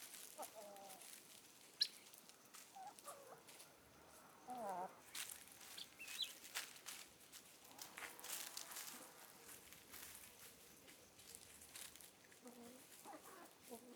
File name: Galinhas cacarejando e andando na grama area externa do galinheiro